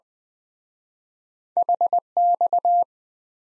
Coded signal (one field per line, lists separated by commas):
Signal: Morse code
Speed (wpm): 21 wpm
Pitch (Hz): 700 Hz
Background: none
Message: HX